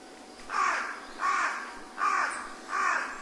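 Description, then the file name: Carrion crow calling: four harsh, hoarse caws, each about half a second long, spaced roughly 0.7 seconds apart and evenly loud. "hasiboso"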